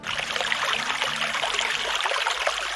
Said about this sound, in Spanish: ¿Y hacia dónde nos vamos hoy? Hoy nos vamos a conocer el río Mundo.